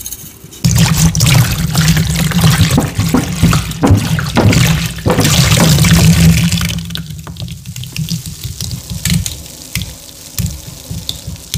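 Liquid pours steadily over chalk from just under a second in, a dense trickle and splash with a low running hum beneath. Around seven seconds the flow thins to sporadic drips and patters, with brief sharp splashes near the end.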